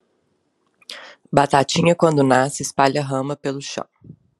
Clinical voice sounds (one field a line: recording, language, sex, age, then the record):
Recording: short text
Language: Brazilian Portuguese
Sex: female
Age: 30 to 39 years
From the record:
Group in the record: control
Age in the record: 32 years